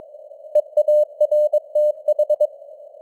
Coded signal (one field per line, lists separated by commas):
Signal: Morse code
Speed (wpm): 22 wpm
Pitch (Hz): 600 Hz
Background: none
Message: EARTH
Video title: Morse Code News | 2026-01-10 | 22wpm